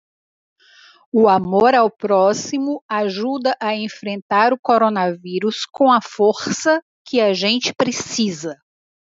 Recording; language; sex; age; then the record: spoken sentence; Brazilian Portuguese; female; 50 to 59 years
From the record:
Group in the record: control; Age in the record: 54 years